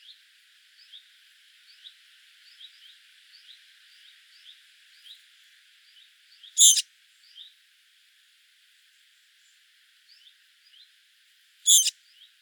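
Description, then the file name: Eurasian blackcap calling with two loud, dry tack notes about five seconds apart, with soft, high twittering in the background. "Sylvia atricapilla"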